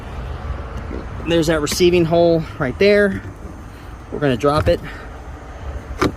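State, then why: Seated. Someone talks as a removed C4 Corvette targa roof panel is lowered into its storage brackets in the rear compartment and moved onto the receiving hole. A single sharp click at 6.0 s marks the panel latching and locking into place.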